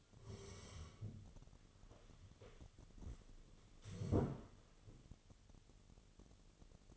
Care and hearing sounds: daily activity, microphone in the room; sit down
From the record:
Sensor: 4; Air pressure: 1016.1 hPa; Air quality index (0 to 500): 181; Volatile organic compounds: 8 ppm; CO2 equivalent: 2064 ppm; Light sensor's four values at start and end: 9/20/8/7 and 9/20/8/7

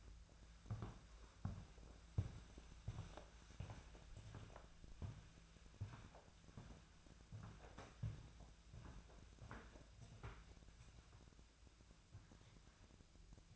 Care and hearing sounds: daily activity, microphone in the room; walk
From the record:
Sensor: 2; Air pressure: 1008.2 hPa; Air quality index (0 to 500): 179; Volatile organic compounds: 10 ppm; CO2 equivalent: 2203 ppm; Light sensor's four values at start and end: 14/33/14/15 and 13/32/14/14

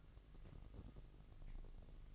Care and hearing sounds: daily activity, microphone in the room; take from stove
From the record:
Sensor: 4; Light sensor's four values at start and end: 9/20/8/8 and 9/20/8/7

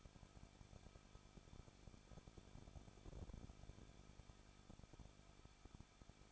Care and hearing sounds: daily activity, microphone in the room; no activity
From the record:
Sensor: 5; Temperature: 20.9 degrees Celsius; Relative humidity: 38.1%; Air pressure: 1006.5 hPa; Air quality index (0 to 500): 187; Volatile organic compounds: 18 ppm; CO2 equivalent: 2628 ppm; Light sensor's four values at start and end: 2/3/1/1 and 2/3/1/1

